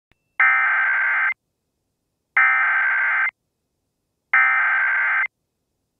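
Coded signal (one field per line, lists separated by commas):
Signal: Emergency Alert System (SAME) tones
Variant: header bursts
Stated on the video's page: Simulated mock alert tones, not a real event.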